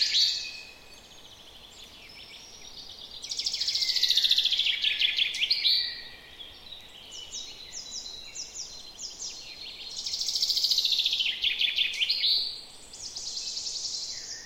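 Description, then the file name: Common chaffinch song: two loud descending trilled phrases several seconds apart, with softer high notes between them. "Fringilla coelebs"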